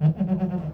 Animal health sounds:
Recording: contact call of a hoofed animal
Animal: goat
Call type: low-frequency (closed-mouth) or high-frequency (open-mouth) call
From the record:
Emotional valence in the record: negative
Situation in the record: food frustration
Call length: 0.74 s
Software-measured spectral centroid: 780 Hz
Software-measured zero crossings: 450 a second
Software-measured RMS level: -23 dBFS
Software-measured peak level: -12 dBFS

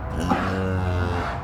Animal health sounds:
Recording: contact call of a hoofed animal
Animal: cattle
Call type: low-frequency (closed-mouth) or high-frequency (open-mouth) call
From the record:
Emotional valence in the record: negative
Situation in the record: full separation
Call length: 1.43 s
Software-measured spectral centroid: 1630 Hz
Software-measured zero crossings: 1190 a second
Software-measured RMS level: -24 dBFS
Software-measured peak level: -8 dBFS

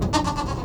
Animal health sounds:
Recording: contact call of a hoofed animal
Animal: goat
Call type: low-frequency (closed-mouth) or high-frequency (open-mouth) call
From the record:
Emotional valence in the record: positive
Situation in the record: food anticipation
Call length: 0.65 s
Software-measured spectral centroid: 2580 Hz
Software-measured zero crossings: 1500 a second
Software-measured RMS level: -24 dBFS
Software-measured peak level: -7 dBFS

